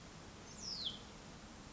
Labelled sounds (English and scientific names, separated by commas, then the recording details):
Hutton's Vireo (Vireo huttoni)
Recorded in Sonoma County, California